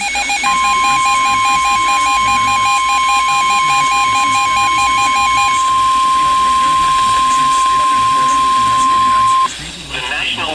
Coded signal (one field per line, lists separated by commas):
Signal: Emergency Alert System (SAME) tones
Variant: 1050 Hz attention tone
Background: speech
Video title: Storms for Minutes. (EAS#356-367)